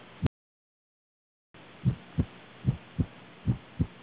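Regular low-pitched paired thumps, lub then dub, at about 75 beats a minute, with no added whooshing between them. These are normal first and second heart sounds. A brief silent dropout interrupts near the start.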